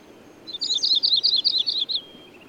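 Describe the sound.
Bird song: a rapid, high-pitched trill of around ten crisp notes over about a second and a half, trailing into a thin fading tone.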